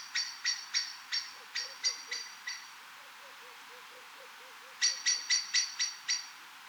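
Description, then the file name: Eurasian blackbird calling with sharp, metallic chinking notes, about four per second in two bursts separated by a quiet gap of roughly two seconds. "Turdus merula"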